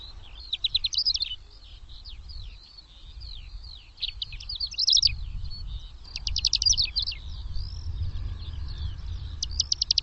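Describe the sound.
Bird calls: busy high twittering with several rapid trilled bursts, over low rumble.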